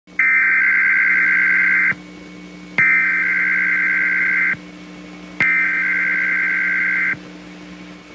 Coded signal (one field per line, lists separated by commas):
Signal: Emergency Alert System (SAME) tones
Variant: header bursts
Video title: NOAA EAS REQUIRED WEEKLY TEST 2/17/21